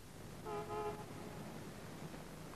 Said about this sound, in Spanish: Fuera suena un claxon.